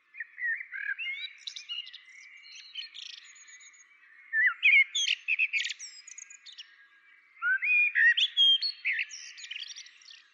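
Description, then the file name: Common blackbird song, three fluted phrases, each with rising and falling whistles that break into a squeaky high twitter. "Turdus merula"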